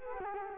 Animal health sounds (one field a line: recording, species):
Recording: mosquito wingbeat signal from an infrared sensor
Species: Culex quinquefasciatus